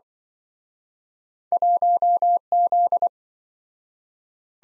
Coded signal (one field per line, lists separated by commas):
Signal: Morse code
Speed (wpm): 24 wpm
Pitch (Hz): 700 Hz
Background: none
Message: 1Z